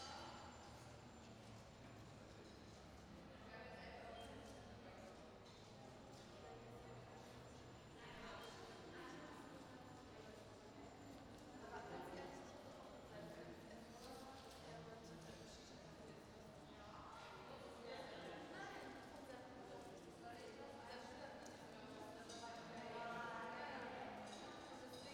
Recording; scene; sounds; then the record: everyday scene through a hearing-aid microphone; reverberant space; background noise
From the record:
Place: railway station hall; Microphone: in the ear canal, right